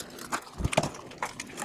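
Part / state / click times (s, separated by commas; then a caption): spare battery into camera drone battery bay / not seated / none. A spare battery is pushed into the battery bay of a Ruko F11PRO 2 Plus camera drone, giving a series of short knocks and rubbing sounds around 0.3, 0.7–0.8, 1.2, 1.4 and 1.6 seconds. The battery does not latch, and nothing has seated or clicked yet.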